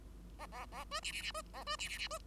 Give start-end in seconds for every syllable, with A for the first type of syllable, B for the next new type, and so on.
0.39-0.46 A, 0.52-0.66 A, 0.72-0.84 A, 0.91-1.00 B, 1.02-1.12 C, 1.12-1.22 C, 1.22-1.31 C, 1.34-1.42 B, 1.53-1.64 A, 1.66-1.76 B, 1.79-1.88 C, 1.88-1.98 C, 1.98-2.08 C, 2.10-2.18 B